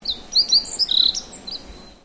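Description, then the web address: Bird giving a quick series of high, thin whistled notes and chirps, some sliding and rising, ending in a faint drawn-out whistle. "Sound Effects-Foundation 1 BIRD 05 CALL 04"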